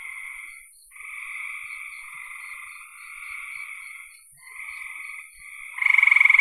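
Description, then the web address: Frogs trilling steadily in overlapping buzzy phrases with short gaps, then a sudden louder pulsed trill breaks in at the very end. "cn frogs"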